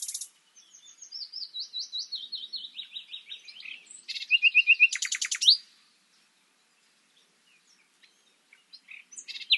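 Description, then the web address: Common nightingale song: a long descending series of twittering notes, then a loud rapid trill of repeated notes, followed by silence and faint scattered chips. "SETE Luscinia megarhynchos"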